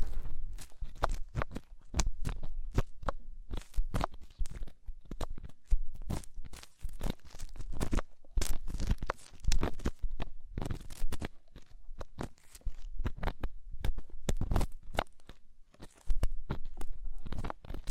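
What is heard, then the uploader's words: Deep ear cleaning, with dense, irregular crackling and scratching scrapes that fire in rapid bursts for the whole stretch. Sharp clicks and rustles pile together, with a low rumble underneath and only brief gaps, such as one just before the sixteen-second mark. ASMR INTENSE Deep Ear Cleaning (No Talking).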